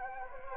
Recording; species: mosquito wingbeat signal from an infrared sensor; Anopheles gambiae